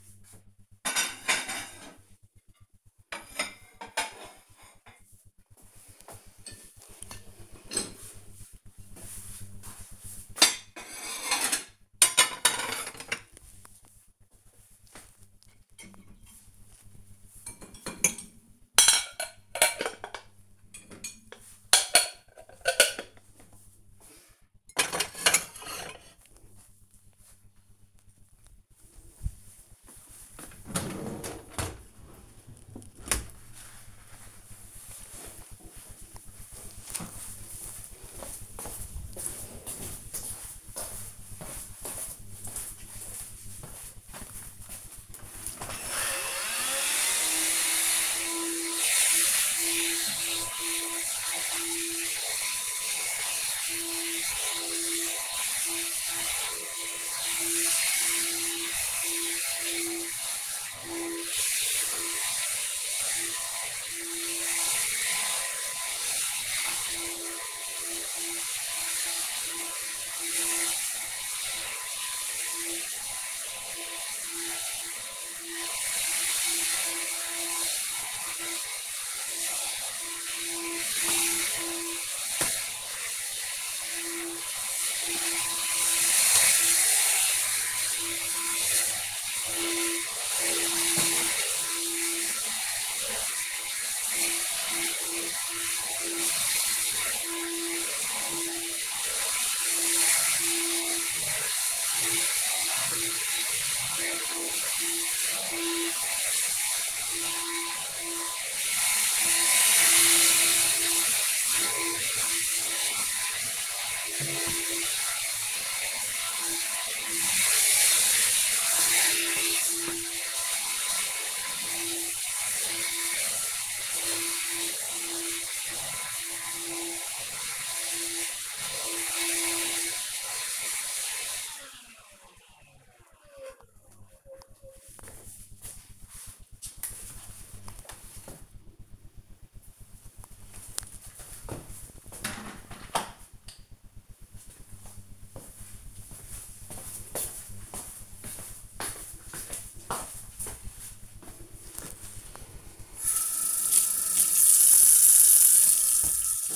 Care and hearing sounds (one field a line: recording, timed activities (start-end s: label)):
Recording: household activities, microphone on the right wrist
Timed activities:
0.00-32.79 s: cleaning out the dishwasher
44.89-130.56 s: vacuum cleaning
150.71-156.56 s: washing dishes